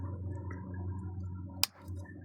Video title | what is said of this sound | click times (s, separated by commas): Cruise Control Switch Upgrade - VW Golf/Jetta Mk5 | the second one also is in. | 1.6 s